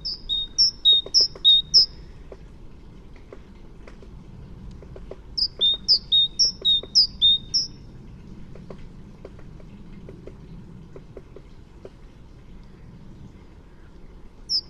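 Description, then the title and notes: Great tit song: a bright two-note phrase, high then lower, repeated in two quick bursts separated by a pause, and a single high note at the very end, with soft clicks underneath. "Kjøttmeis by forskningno"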